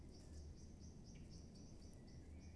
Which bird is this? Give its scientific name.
Turdus merula